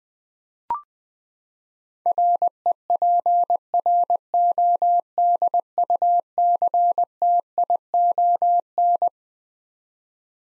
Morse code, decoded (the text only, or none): REPRODUCTION